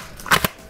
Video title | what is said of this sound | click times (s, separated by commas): Outdoor Connection Multipurpose Compact Stool | And that's locked into place. One ring at the bottom there that didn't quite get in so just give it another pull. | 0.2 s, 0.3 s, 0.4 s